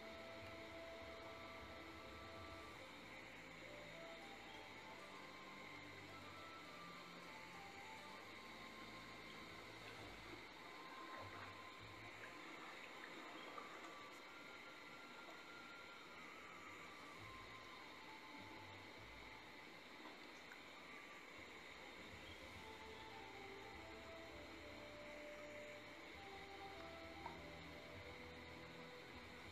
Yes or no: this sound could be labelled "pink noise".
no